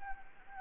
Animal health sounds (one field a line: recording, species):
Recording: mosquito wingbeat signal from an infrared sensor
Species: Anopheles gambiae